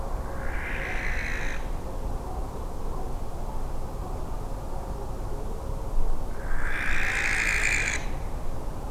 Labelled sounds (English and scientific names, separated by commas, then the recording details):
Western Barn Owl (Tyto alba)
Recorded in France